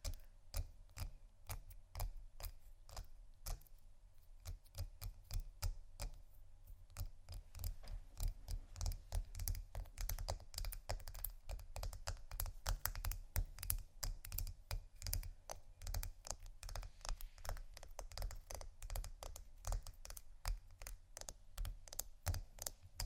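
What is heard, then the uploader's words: Ice scratching and tapping in quick, irregular clicks that thin out briefly around six seconds, then grow denser, over a low steady rumble. Ice Scratch & Tap. No Talking.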